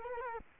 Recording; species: mosquito wingbeat signal from an infrared sensor; Culex quinquefasciatus